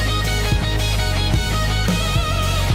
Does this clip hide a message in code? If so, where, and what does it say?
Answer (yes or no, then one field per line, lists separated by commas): no